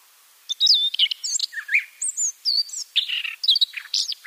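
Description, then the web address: Siberian rubythroat singing a fast, varied phrase of clear whistles, scratchy notes and short trills, starting after a brief silence and running continuously. "Schulze Peter Siberian Rubythroat song"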